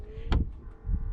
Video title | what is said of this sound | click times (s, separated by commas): MY TAKE ON THE NEW 2021 CHEVROLET CORVETTE C8! EXTREMELY FUN!! | and it has a little motor in there where it locks into place. | 0.3 s